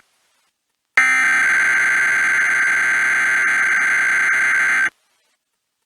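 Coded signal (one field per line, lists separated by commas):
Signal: Emergency Alert System (SAME) tones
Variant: header bursts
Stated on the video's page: Simulated EAS mock of a nuclear power plant test / required monthly test for southeastern Virginia.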